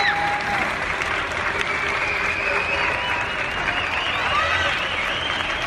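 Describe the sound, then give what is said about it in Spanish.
Sustained applause from many people clapping from balconies and terraces for health workers during the Covid-19 pandemic in March 2020, a dense steady wash of claps with scattered whistles and cheers rising over it throughout. “Lo más emocionante, sin duda, el aplauso sanitario.”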